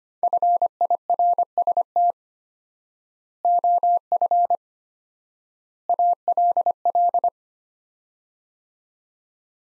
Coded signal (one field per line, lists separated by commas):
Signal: Morse code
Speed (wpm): 25 wpm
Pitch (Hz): 700 Hz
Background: none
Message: FIRST OF ALL